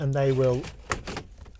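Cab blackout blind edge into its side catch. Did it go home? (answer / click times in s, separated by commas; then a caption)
yes / 0.9 s. Someone talks as the cab blackout blind of a Weinsberg Cara Compact 600MEG Pepper, pinched at its tabs, is slid across toward its side catch. A sharp click at 0.9 s marks the blind's edge latching into the catch, followed by a few softer faint knocks. The blind is locked into place.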